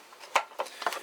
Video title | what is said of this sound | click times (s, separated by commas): How to remove the tail light for a Suzuki Escudo/Grand Vitara 2005 - 2008 | All you need to do is simply twist them counterclockwise until you get a click, | 0.4 s